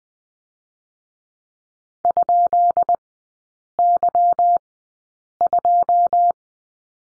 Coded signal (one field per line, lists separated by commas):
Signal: Morse code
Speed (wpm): 20 wpm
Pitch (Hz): 700 Hz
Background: none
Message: ?Y2